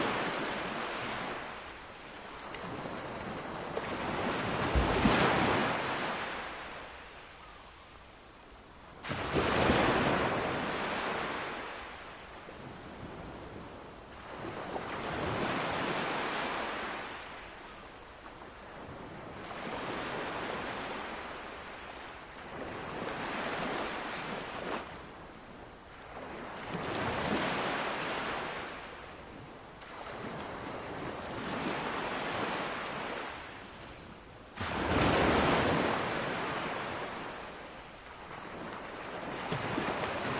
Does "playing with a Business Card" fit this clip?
no